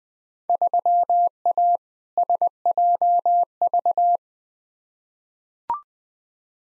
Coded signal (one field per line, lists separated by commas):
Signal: Morse code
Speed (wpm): 20 wpm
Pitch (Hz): 700 Hz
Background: none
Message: 3A SJV